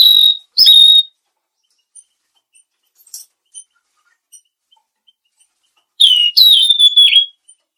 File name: suara burung tledekan laut